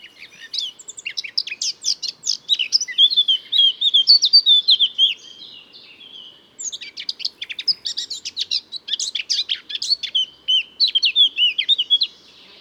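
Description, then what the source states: Bird song: rapid, varied twittering of high chirps and trills with no repeated phrases, in two long bursts split by a brief pause near six seconds. Song without repeated motifs, recorded on Mallorca.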